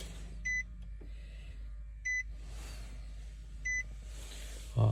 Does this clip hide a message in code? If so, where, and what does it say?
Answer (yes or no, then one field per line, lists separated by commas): no